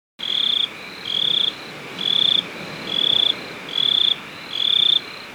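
Cricket chirping: even, high trills about half a second long, repeated roughly once a second over a steady background hiss.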